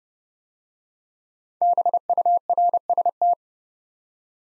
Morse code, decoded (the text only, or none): BURST